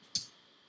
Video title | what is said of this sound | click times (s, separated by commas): Ganzo G7393 GR unboxing and adjustment | see that it locks into place so I drop it into place because | 0.2 s